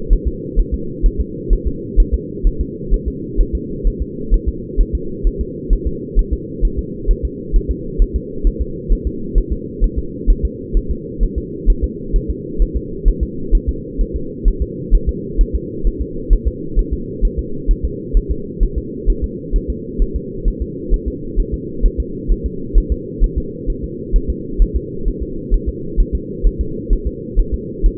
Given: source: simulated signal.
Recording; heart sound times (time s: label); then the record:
fetal heart sounds
0.13 s: S1
0.28 s: S2
0.59 s: S1
0.74 s: S2
1.06 s: S1
1.21 s: S2
1.53 s: S1
1.67 s: S2
2.00 s: S1
2.14 s: S2
2.47 s: S1
2.61 s: S2
2.94 s: S1
3.08 s: S2
3.40 s: S1
3.55 s: S2
3.87 s: S1
4.02 s: S2
4.34 s: S1
4.49 s: S2
4.81 s: S1
4.95 s: S2
5.27 s: S1
5.41 s: S2
5.73 s: S1
5.87 s: S2
6.19 s: S1
6.33 s: S2
6.65 s: S1
6.79 s: S2
7.11 s: S1
7.25 s: S2
7.56 s: S1
7.71 s: S2
8.02 s: S1
8.16 s: S2
8.47 s: S1
8.62 s: S2
8.92 s: S1
9.07 s: S2
9.38 s: S1
9.52 s: S2
9.84 s: S1
9.99 s: S2
10.30 s: S1
10.45 s: S2
10.77 s: S1
10.91 s: S2
11.23 s: S1
11.38 s: S2
11.70 s: S1
11.84 s: S2
12.16 s: S1
12.30 s: S2
12.62 s: S1
12.77 s: S2
13.08 s: S1
13.23 s: S2
13.55 s: S1
13.69 s: S2
14.01 s: S1
14.16 s: S2
14.48 s: S1
14.62 s: S2
14.94 s: S1
15.09 s: S2
15.41 s: S1
15.55 s: S2
15.87 s: S1
16.02 s: S2
16.33 s: S1
16.48 s: S2
16.79 s: S1
16.93 s: S2
17.25 s: S1
17.39 s: S2
17.71 s: S1
17.85 s: S2
18.17 s: S1
18.31 s: S2
18.63 s: S1
18.78 s: S2
19.10 s: S1
19.24 s: S2
19.56 s: S1
19.70 s: S2
20.02 s: S1
20.16 s: S2
20.48 s: S1
20.62 s: S2
20.94 s: S1
21.08 s: S2
21.40 s: S1
21.54 s: S2
21.86 s: S1
22.00 s: S2
22.32 s: S1
22.46 s: S2
22.78 s: S1
22.92 s: S2
23.24 s: S1
23.38 s: S2
23.70 s: S1
23.84 s: S2
24.16 s: S1
24.30 s: S2
24.62 s: S1
24.76 s: S2
25.08 s: S1
25.23 s: S2
25.54 s: S1
25.69 s: S2
26.00 s: S1
26.15 s: S2
26.47 s: S1
26.61 s: S2
26.93 s: S1
27.07 s: S2
27.39 s: S1
27.54 s: S2
27.86 s: S1
From the record:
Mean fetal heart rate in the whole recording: 130 bpm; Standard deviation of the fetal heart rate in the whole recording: 2 bpm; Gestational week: 38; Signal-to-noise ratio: -4.3 dB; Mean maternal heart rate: 72 bpm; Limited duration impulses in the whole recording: absent